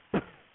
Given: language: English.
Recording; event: throat vibration sensor signal played as sound; cough